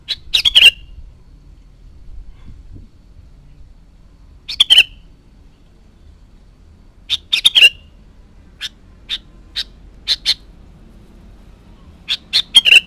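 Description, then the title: Sooty-headed bulbul giving short, chattering phrases every few seconds, with scattered single clipped notes in between. "Kutilang"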